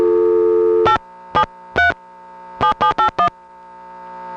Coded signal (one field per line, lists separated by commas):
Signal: DTMF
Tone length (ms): 100 ms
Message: 873 7781